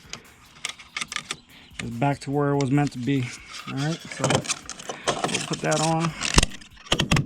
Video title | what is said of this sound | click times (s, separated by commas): Easy Gas Cap Replacement | make sure it clicks in there there you go | 6.9 s, 7.0 s, 7.1 s, 7.2 s